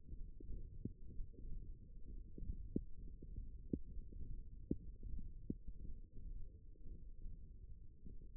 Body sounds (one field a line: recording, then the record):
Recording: forearm muscle sounds (acoustic myography)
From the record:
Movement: hand closing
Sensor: system 1, eight BSWA MPA416 microphones around the upper forearm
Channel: 4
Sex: male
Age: 23 years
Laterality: right